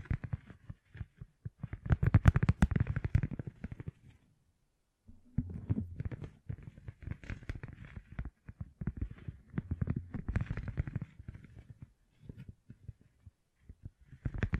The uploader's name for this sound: ASMR Gem Covered Fingertips Tapping and Scratching